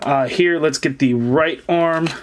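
Someone talks while handling the right arm of a plastic Marvel Legends Venompool build-a-figure, about to push it onto its ball joint in the figure's torso. Only speech is heard, with no distinct snap. The arm has not seated or clicked into place yet.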